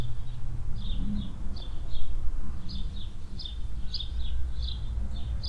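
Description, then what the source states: Swallows chirping in short, sharp twitters scattered throughout, above a low rumbling wind noise. Swallows flying under a shed roof in a barn yard at the village centre of Hoscheid, early afternoon in spring, mellow wind.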